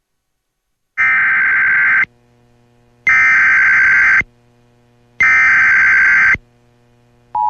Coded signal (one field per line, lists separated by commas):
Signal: Emergency Alert System (SAME) tones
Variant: header bursts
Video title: EAS Activation (Real) Amber Alert for Wisconsin (1-20-04)